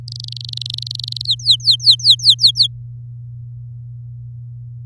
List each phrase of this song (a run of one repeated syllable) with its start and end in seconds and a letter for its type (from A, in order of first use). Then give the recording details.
0.08-1.26 A, 1.26-2.67 B. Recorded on 9 May 2018 at 14:59. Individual llb16